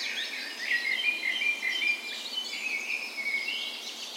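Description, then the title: Birds in a dawn chorus, several high warbling and trilling songs overlapping continuously, with a faint steady hiss beneath. Spring dawn chorus on the morning of 17 May, Norway's National Day, in a park west in Bergen, Norway; recorded with a Sony PCM A10 and LOM micro Usi mics as tree ears. "17th Of May Dawn Chorus"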